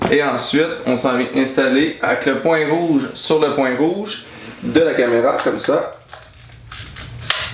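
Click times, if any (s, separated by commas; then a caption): 7.3 s. A camera is set on its twist-lock mount with the red dots lined up, then turned until it locks. Someone talks through most of the clip, and after a quieter stretch of faint handling, a sharp click at 7.3 seconds marks the mount seating into place.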